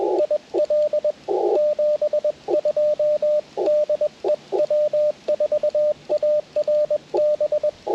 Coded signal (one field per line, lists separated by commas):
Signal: Morse code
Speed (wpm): 20 wpm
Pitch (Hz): 600 Hz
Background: radio noise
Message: IL 72 DE W4ARB